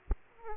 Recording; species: mosquito wingbeat signal from an infrared sensor; Aedes aegypti